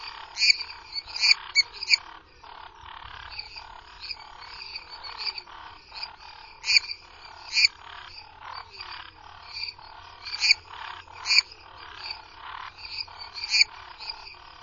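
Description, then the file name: Lesser treefrog calls, clipped creaky notes in short bursts every few seconds, over a continuous background drone. "Dendropsophus minutus"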